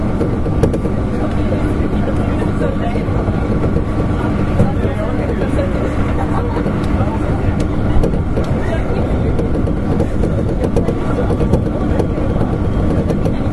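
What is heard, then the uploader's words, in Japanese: A 6000-series electric train runs steadily with a dense low rumble, a faint constant whine, and occasional soft clicks and murmured voices. 京阪電鉄6000系電車の走行音です。特急列車での収録。区間は葛葉から淀屋橋までです。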